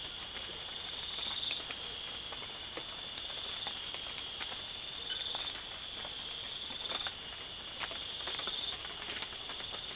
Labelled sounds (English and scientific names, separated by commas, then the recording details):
none
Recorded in pastures near Puerto Asís, Putumayo, Colombia, on 25 June 2025 at 00:00
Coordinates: 0.502, -76.324
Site G010